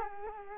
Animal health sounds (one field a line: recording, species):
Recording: mosquito wingbeat signal from an infrared sensor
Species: Culex quinquefasciatus